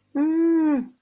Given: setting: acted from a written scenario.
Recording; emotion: vocal sound without words; distress